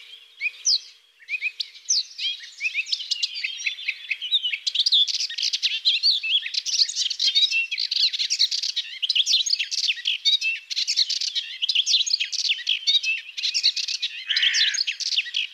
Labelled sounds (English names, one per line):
Melodious Warbler song